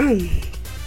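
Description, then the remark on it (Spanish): A female announcer gives a single loud vocal shout, its pitch sliding sharply downward over a fraction of a second, then cutting off into low, noisy background. “Retírense tantito de su computadora porque voy a gritar.”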